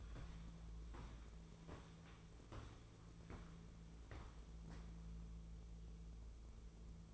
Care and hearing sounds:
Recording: daily activity, microphone in the room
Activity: walk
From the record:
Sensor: 1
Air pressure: 1005.5 hPa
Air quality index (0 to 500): 122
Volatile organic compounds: 5 ppm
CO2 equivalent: 1712 ppm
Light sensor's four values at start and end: 11/27/11/12 and 11/26/11/11

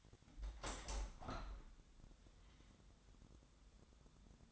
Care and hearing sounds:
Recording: daily activity, microphone in the room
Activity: open window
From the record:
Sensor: 3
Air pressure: 1006.4 hPa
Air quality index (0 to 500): 194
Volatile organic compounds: 14 ppm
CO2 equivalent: 2464 ppm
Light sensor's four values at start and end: 10/23/9/9 and 10/24/10/10

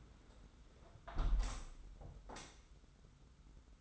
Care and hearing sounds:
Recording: daily activity, microphone in the room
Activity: close window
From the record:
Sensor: 3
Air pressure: 991.2 hPa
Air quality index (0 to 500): 117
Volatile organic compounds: 85 ppm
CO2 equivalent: 3644 ppm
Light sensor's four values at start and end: 48/132/53/47 and 48/132/54/47

